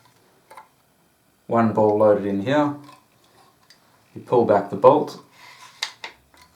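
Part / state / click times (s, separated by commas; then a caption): bolt into sear catch of a toy rubber band gun / seated / 5.8 s. Someone talks while a toy AR2 rubber band gun, loaded with one ball, has its bolt pulled back. A sharp click at 5.8 s marks the bolt catching on the sear and locking in place, followed by a few fainter ticks. The gun is left ready to fire.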